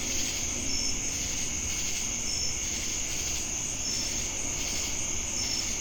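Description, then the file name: Crickets chirring in a steady high-pitched drone, with short whistled notes about every one and a half seconds and a pulsing insect buzz over low background rumble. Crickets heard together with cicadas in Jamestown, North Carolina, USA, on 10 August 2018. "Crickets And Sacadas Jamestown NC August-10-2018"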